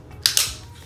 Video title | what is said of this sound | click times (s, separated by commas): Google Home Mini Cord Management Mount Review & Installation - Less clutter More Space | So we will go ahead and click it into place, | 0.3 s, 0.4 s